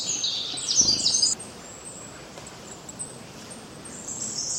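Birds chirping, a burst of high, bright twittering notes at the start, then thinner scattered chirps over a soft background hiss.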